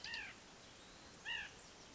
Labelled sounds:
White-breasted Nuthatch (Sitta carolinensis)

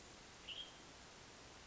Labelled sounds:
Western Tanager (Piranga ludoviciana)

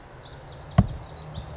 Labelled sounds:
Pacific Wren (Troglodytes pacificus)

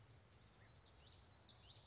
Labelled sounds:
Common Yellowthroat (Geothlypis trichas)

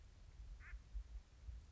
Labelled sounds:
Acorn Woodpecker (Melanerpes formicivorus)

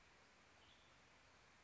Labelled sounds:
Western Tanager (Piranga ludoviciana)

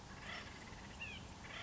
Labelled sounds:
Acorn Woodpecker (Melanerpes formicivorus)

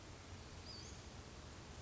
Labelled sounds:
Western Flycatcher (Empidonax difficilis)

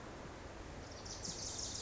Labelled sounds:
Wilson's Warbler (Cardellina pusilla)

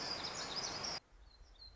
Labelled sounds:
Black-throated Gray Warbler (Setophaga nigrescens)

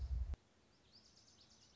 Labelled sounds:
Lazuli Bunting (Passerina amoena)

